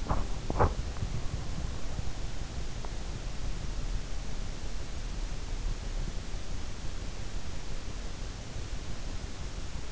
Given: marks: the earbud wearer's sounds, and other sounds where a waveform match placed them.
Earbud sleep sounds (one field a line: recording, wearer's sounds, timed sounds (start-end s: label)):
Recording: sounds in sleep by an in-ear microphone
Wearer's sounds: teeth grinding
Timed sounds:
0.00-0.96 s: teeth grinding